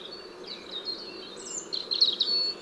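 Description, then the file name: European robin song, brief high thin notes building into a louder sparkling warble at the close, with constant low background noise. "Erithacus rubecula"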